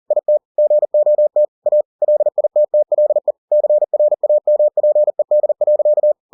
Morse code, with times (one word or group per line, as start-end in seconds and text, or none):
0.1-0.4 IT
0.6-1.5 GOT
1.7-1.8 A
2.0-3.3 LITTLE
3.5-6.1 CRAMPED.